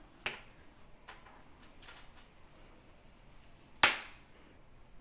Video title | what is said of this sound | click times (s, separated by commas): French Luxury Handbag under $1,000 ✨ from Paris | The magnets are pretty strong. You heard that click. | 3.8 s